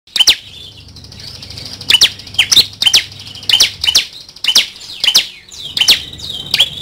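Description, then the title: Bar-winged prinia uttering bright, piercing chirps, some in quick pairs or triplets, with short thin notes between them and a faint hum in the background. "Kicau Ciblek. ciblek jatra"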